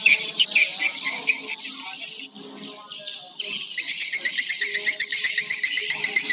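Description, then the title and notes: Swiftlet chirping calls, a dense high twittering chorus that fades midway and returns as rapid regular pulsed chirps in the final seconds. Used for swiftlet farming in Asia. "Swiflet Bird Sound. Farming Swiflet Bird asia sound"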